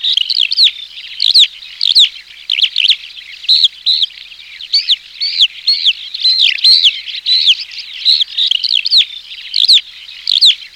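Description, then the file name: Skylark song, breathless, bubbling outpouring of shrill twitters and quick up-and-down whistled phrases, steady throughout, nothing else audible. "ALLODOLA"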